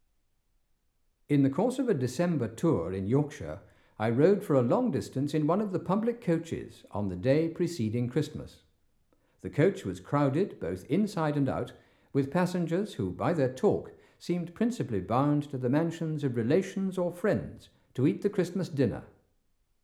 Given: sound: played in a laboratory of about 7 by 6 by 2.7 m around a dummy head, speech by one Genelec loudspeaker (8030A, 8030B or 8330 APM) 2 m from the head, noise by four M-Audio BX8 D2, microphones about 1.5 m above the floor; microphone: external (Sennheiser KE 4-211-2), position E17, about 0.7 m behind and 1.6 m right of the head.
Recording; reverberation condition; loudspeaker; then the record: male speech in English; medium; 120 degrees to the right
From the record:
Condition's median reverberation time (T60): about 510 ms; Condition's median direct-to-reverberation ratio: about -0.5 dB